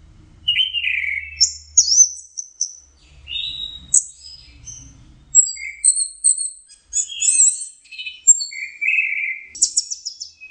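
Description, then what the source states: Orange-headed thrush song with scattered whistles, short trills and scratchy notes at varying pitches, spaced by brief gaps. Masteran (training) song.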